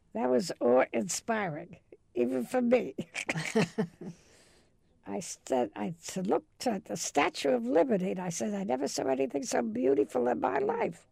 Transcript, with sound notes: That was awe-inspiring, even for me! [Laughs] I looked at the Statue of Liberty, and I says, "I never saw anything so beautiful in my life!"